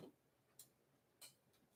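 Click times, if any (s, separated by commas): none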